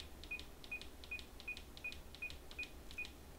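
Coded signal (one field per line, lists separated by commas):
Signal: none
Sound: radio key beeps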